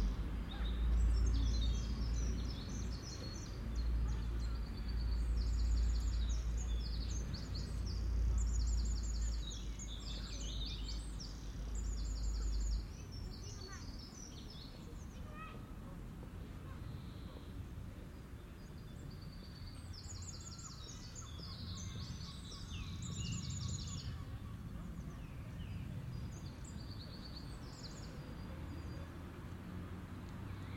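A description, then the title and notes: Small birds sing in quick, high twittering bursts in a garden, busiest in the first twelve seconds and again around twenty to twenty-five seconds. A steady low rumble of traffic or wind underlies everything, heavier early on, then easing to a softer hum. The Von Siebold Memorial Garden in the Hortus Botanicus in Leiden.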